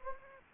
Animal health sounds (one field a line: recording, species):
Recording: mosquito wingbeat signal from an infrared sensor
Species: Anopheles gambiae